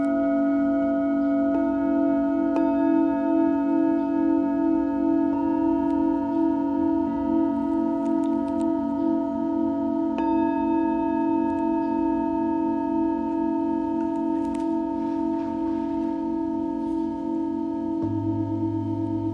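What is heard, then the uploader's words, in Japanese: A singing bowl hums in a steady, sustained drone with a pulsing low tone and bright overtones, a faint tap or click occasionally. メキシコから シンギングボウルのサウンドヒーリング ライブ。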